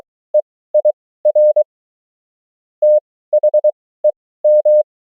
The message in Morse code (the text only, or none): EIR THEM